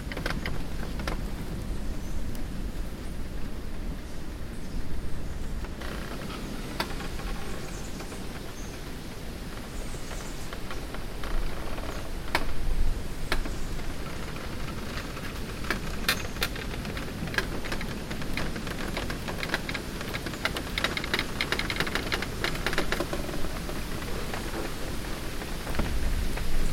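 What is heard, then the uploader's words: Bamboo floorboards creak and crack in short, dry snaps over a steady low rumble. The snaps come irregularly at first, then cluster more thickly from about the middle to near the end, some sharp and close, others softer. Creaking sound of bamboo floors (Martinique). Recorder: Sony PCM D50. Recorded very close to several bamboo floors.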